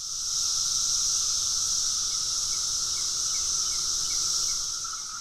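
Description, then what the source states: Periodical cicada chorus, a steady shrill high-pitched drone that holds without pause throughout. Brood X periodical cicadas emerging in billions in spring after 17 years underground; males sing with timbals under their wings to attract mates.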